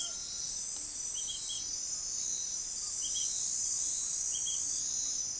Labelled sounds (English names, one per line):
none